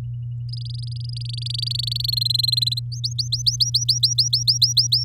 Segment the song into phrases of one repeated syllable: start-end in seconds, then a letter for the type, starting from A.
0.49-2.11 A, 2.12-2.80 B, 2.92-5.04 C